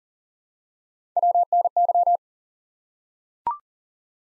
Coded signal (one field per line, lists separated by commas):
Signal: Morse code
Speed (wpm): 40 wpm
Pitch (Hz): 700 Hz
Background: none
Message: WNY